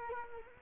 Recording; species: mosquito wingbeat signal from an infrared sensor; Culex quinquefasciatus